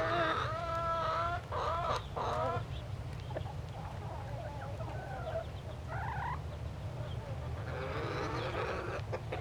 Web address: chickens cackle